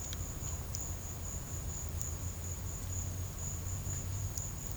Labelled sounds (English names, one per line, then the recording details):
none
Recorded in secondary vegetation near Puerto Asís, Putumayo, Colombia, on 21 December 2024 at 12:00
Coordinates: 0.499, -76.323
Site G010